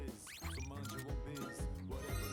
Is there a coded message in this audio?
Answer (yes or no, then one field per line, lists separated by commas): no